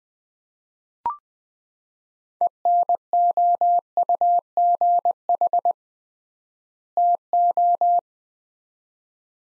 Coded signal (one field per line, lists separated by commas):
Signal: Morse code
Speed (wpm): 20 wpm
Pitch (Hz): 700 Hz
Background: none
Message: ENOUGH TO